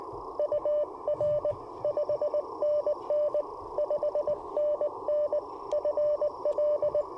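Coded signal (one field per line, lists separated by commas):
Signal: Morse code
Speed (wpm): 21 wpm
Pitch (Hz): 600 Hz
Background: radio noise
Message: UR 5NN 5NN FL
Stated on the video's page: QRP CW Parks on the Air activation in early morning with Icom IC-705, Gabil GRA-7350T antenna, and Modern Morse Nameless key.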